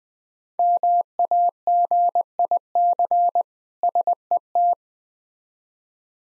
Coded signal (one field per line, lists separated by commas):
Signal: Morse code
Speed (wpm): 20 wpm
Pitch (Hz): 700 Hz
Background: none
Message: MAGIC SET